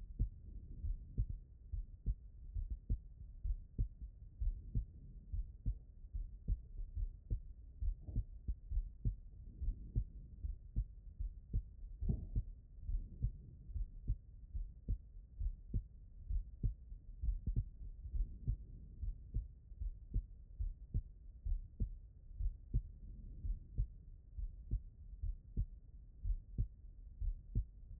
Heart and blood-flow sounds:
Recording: heart sounds by stethoscope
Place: aortic valve (AV)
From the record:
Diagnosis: non-HFrEF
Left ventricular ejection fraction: 57%

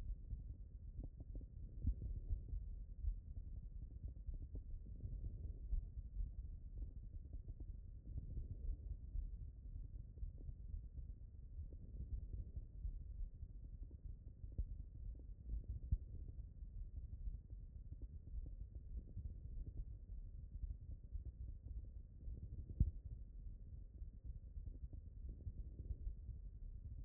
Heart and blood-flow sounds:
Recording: heart sounds by stethoscope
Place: mitral valve (MV)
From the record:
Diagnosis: non-HFrEF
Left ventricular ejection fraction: 50%

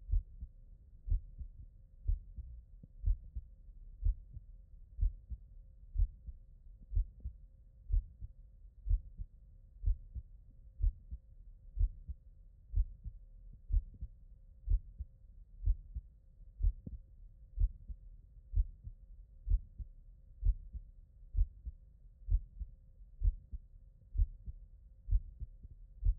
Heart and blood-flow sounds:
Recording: heart sounds by stethoscope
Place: tricuspid valve (TV)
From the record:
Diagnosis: non-HFrEF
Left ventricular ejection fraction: 58%

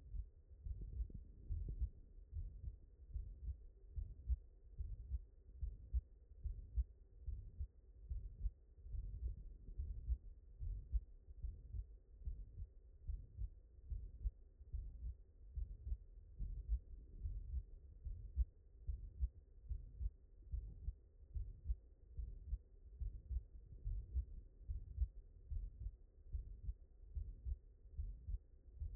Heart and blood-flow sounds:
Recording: heart sounds by stethoscope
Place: mitral valve (MV)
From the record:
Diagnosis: HFrEF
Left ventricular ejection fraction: 21%

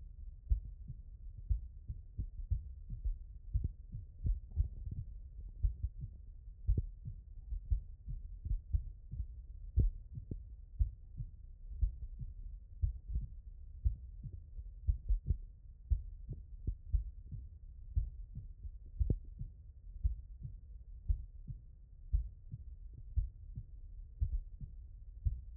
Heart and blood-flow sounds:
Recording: heart sounds by stethoscope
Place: tricuspid valve (TV)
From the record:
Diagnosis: non-HFrEF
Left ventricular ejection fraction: 63%

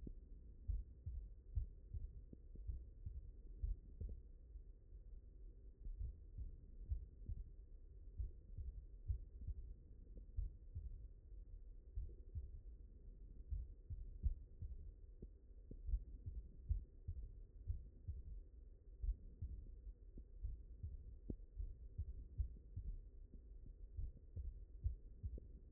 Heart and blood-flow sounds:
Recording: heart sounds by stethoscope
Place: mitral valve (MV)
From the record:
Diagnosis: non-HFrEF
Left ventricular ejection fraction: 53%

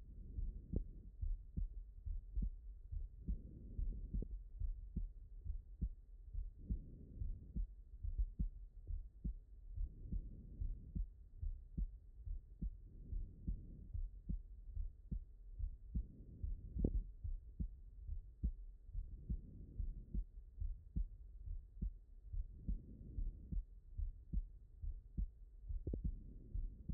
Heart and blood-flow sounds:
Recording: heart sounds by stethoscope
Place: aortic valve (AV)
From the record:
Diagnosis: non-HFrEF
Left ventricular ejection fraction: 69%

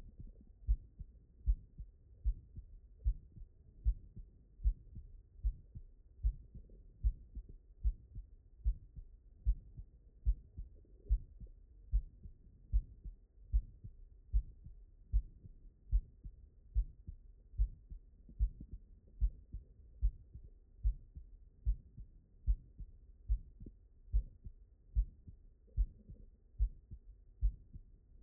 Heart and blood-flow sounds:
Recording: heart sounds by stethoscope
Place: mitral valve (MV)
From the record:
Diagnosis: non-HFrEF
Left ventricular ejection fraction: 61%

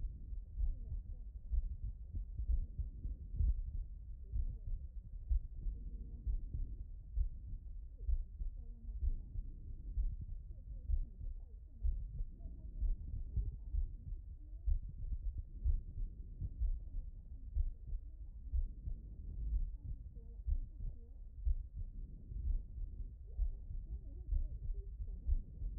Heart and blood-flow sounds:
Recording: heart sounds by stethoscope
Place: pulmonary valve (PV)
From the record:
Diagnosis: non-HFrEF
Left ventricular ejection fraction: 61%

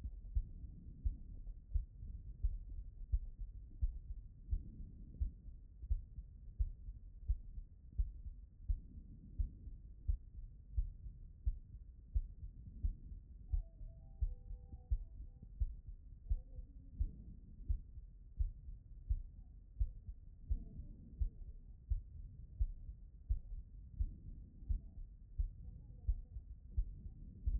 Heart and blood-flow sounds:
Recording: heart sounds by stethoscope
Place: pulmonary valve (PV)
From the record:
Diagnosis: non-HFrEF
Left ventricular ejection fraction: 61%

